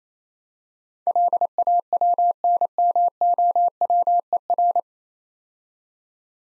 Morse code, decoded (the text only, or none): LAWNMOWER